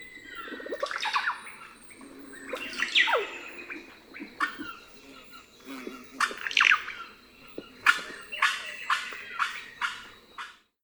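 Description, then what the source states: Russet-backed oropendolas calling in a chorus: gliding liquid whistles, sharp clicks and falling swoops, overlapping and irregular, with busier bursts toward the end. Soundscape of several oropendolas.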